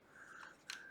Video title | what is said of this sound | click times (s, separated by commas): Die-Cast Enterprise D 1988 Unboxing and more. | disappointed here one bit this was definitely worth the money and look it locks into place very well | 0.7 s